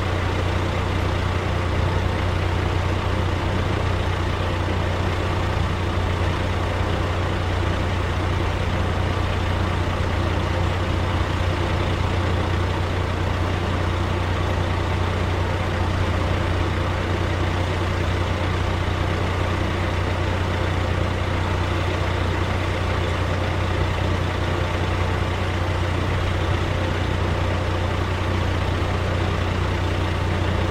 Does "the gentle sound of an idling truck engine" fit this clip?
yes